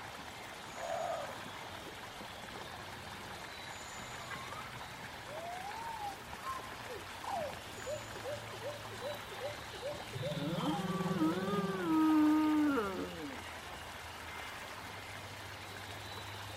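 Prehistoric forest with dinosaur sounds: over a steady low hiss, short rising and falling calls chirp and warble from about 5 to 9 seconds. Near 10 to 13 seconds a louder creature lets out a drawn, bending groan with layered tones, then the hiss returns.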